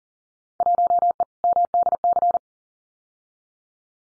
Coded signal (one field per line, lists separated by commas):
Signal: Morse code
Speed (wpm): 38 wpm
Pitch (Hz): 700 Hz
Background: none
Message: 1E MDC